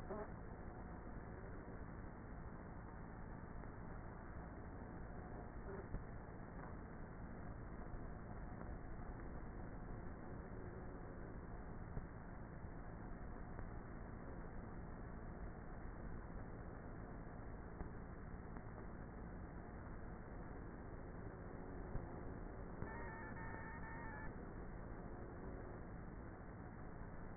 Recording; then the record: honeybee colony, microphone inside the hive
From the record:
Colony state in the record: queenless with a low population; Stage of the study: before two queens were removed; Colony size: about 30,000 bees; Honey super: no